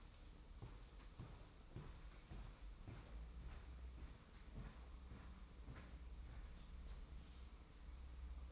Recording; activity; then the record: daily activity, microphone in the room; walk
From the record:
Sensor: 1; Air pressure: 990.7 hPa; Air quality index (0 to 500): 150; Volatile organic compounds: 1000 ppm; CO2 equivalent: 5415 ppm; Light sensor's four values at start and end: 26/61/26/28 and 27/63/27/29